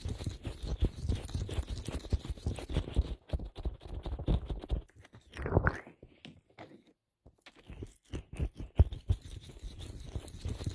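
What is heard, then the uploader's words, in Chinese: Lotion being massaged, with dense, wet, sticky crackles and squishes that come in quick irregular bursts. The rubbing thins out after about three seconds, a short smeared swoosh rises near five and a half, then there is near silence before the squelching resumes around eight seconds. 乳液按摩。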